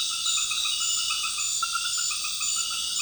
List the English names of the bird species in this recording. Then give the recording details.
none. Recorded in dense forest near Puerto Asís, Putumayo, Colombia, on 19 February 2024 at 20:00. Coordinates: 0.502, -76.324. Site G6370